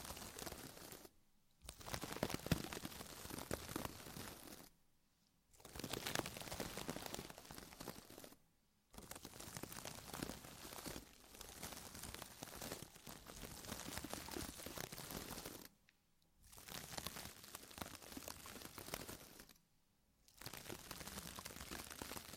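Dense crackling and rustling, like fingers rubbing over a microphone for an ear massage, comes in bursts separated by short silences every few seconds.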